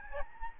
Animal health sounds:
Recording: mosquito wingbeat signal from an infrared sensor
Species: Aedes albopictus

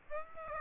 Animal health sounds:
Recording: mosquito wingbeat signal from an infrared sensor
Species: Aedes aegypti

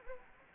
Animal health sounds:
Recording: mosquito wingbeat signal from an infrared sensor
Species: Anopheles arabiensis

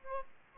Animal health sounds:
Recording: mosquito wingbeat signal from an infrared sensor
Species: Aedes aegypti

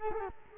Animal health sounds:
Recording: mosquito wingbeat signal from an infrared sensor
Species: Culex quinquefasciatus

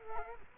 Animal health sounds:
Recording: mosquito wingbeat signal from an infrared sensor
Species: Culex quinquefasciatus

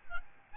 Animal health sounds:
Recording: mosquito wingbeat signal from an infrared sensor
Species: Aedes albopictus

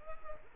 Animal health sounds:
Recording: mosquito wingbeat signal from an infrared sensor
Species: Culex quinquefasciatus

